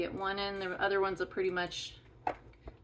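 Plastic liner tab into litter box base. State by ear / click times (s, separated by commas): seated / 2.3 s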